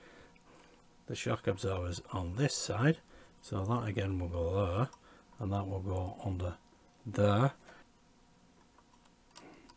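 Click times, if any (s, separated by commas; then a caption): none. Someone talks while a short shock absorber is worked into its mount on one side of the front section of a Hachette Batmobile Tumbler model kit, guided over and under the mount. Faint ticks and handling sounds come between the speech. The part has not seated or clicked into place yet.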